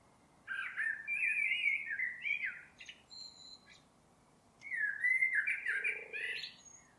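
Bird calls in two bursts of quick warbled, slurred whistled notes, each lasting about two seconds, separated by a short pause, with faint high chirps and soft background noise.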